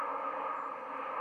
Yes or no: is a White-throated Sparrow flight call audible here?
yes